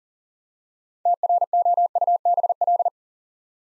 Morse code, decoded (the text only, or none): TROUBL